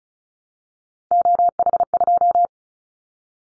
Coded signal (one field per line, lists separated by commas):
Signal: Morse code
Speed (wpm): 34 wpm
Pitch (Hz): 700 Hz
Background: none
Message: OH2